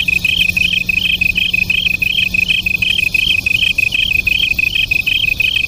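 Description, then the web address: Japanese tree cricket duet: paired high trills alternating evenly about three times a second, with a faint low steady hum for most. Local name kantan; two crickets singing a duet. "sikioto insect kantanduet"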